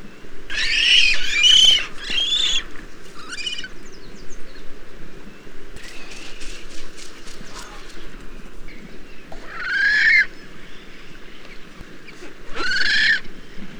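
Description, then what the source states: Magnificent frigatebird harsh squawking calls in several rough, buzzy bursts, some clustered and some spaced seconds apart, over a steady low rumbling background. Whinnying noises, given on the breeding grounds.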